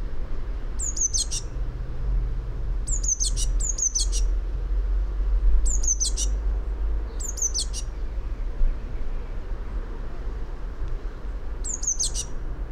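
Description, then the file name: Eurasian blue tit: six phrases of sharp, very high notes, each ending in a short trill, irregularly spaced, above a steady low drone. "Cyanistes caeruleus"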